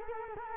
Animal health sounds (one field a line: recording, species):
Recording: mosquito wingbeat signal from an infrared sensor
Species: Culex quinquefasciatus